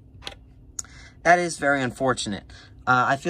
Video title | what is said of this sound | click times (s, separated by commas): Marvel Epic Hero Series Web Splashers Spider-Man Hydro Jet Blast, 4-Inch Action Figure Review | it'll kind of stay but it's on an angle and it's really not snapped in | 0.3 s, 0.8 s